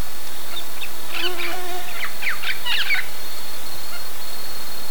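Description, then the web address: Bird gives a few scratchy notes bunched between about one and three seconds, then falls quiet, with a steady high whine continuing. "BIRD 2015 SABIOD 50 bird 2015"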